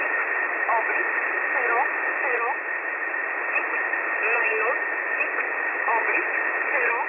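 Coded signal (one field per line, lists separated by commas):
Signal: numbers station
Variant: E11 Oblique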